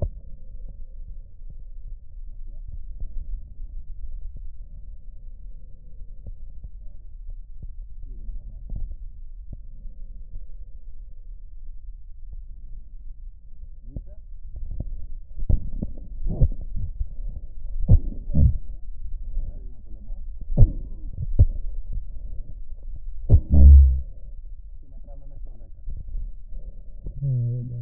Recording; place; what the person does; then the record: lung sounds by stethoscope; right posterior apical chest; quiet breathing, then cough and speech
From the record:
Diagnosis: pulmonary infection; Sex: male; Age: 69 years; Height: 184 cm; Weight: 115 kg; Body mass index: 34.0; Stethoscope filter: extended mode